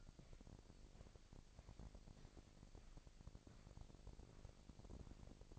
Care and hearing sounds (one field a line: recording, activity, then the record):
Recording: daily activity, microphone in the room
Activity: walk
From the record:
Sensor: 5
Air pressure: 1001.8 hPa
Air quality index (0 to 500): 188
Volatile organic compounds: 13 ppm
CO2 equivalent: 2426 ppm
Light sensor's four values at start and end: 33/107/41/43 and 33/107/41/43